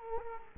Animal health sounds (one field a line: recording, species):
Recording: mosquito wingbeat signal from an infrared sensor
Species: Culex quinquefasciatus